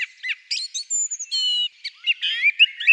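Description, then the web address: Song thrush calls: a quick run of high squeaky notes, a thin level whistle and a buzzy rasping phrase, followed by more varied chirps, with a quiet background. "Turdus philomelos"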